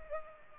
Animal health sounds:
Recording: mosquito wingbeat signal from an infrared sensor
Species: Culex pipiens

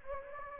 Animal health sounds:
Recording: mosquito wingbeat signal from an infrared sensor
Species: Anopheles gambiae

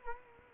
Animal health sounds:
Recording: mosquito wingbeat signal from an infrared sensor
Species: Culex quinquefasciatus

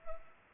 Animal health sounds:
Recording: mosquito wingbeat signal from an infrared sensor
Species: Culex pipiens

